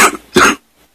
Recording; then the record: coughing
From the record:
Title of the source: 64 coughing, allergies, singing lungs